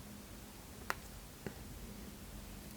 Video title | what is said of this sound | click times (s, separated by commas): Montez la Ferrari 330 P4 1/8 @SpotTVAltaya 12/13/14 | ça vient se clipser ok il y a pas besoin de colle puisque ça tient bien | 0.9 s